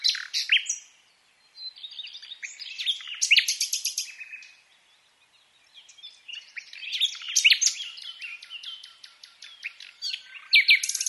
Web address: SETE Luscinia megarhynchos